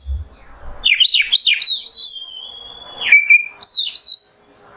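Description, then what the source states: Oriental magpie-robin song: a wavering run of whistles, then long steady high drawn-out notes and a final short phrase. Masteran (tutor recording) of kacer song in the nembak style.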